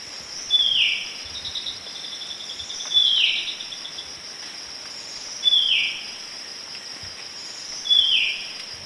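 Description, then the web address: White-breasted wood wren song: four short, bright whistled phrases slurring downward, about every two and a half seconds, over a steady high insect drone. Song recorded in the eastern lowlands of South America. "Natures Songs S America Eastern Lowlands Henicorhina leucosticta, song"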